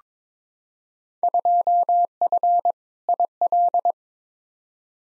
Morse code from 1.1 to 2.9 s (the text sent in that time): 2F